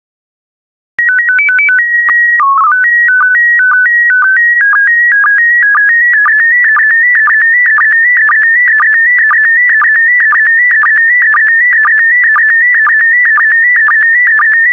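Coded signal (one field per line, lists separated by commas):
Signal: SSTV (slow-scan television)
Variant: PD 120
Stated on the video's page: SSTV PD120 transmission of still images.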